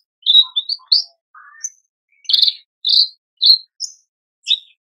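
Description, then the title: Horsfield's bush lark song: short bursts of sharp chirps and buzzy notes, mostly high-pitched, with a few lower warbled notes, delivered in quick irregular phrases. Very vocal, singing prolifically; masteran recording for training cage birds. "KICAUAN BRANJANGAN GACOR"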